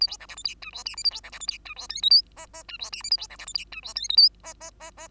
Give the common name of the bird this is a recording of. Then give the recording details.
Bengalese Finch. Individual Bird2